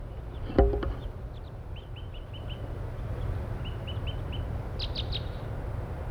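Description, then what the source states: Crossbill flight calls: short, clipped 'toop' notes in a run of five then a run of four, with a few higher chips, over a steady low rumble and a single knock. About four wild crossbills in pine trees near a parking lot, one giving repeated 'tooping' flight calls.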